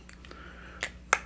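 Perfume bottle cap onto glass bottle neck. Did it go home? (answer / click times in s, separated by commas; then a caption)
no / none. A heavy rope-tied plastic faux-wood cap is put back onto the neck of a glass fragrance bottle. A few faint light ticks, then two sharper contact knocks near 0.8 and 1.1 seconds, the second the loudest. The cap does not click into place and does not hold strongly.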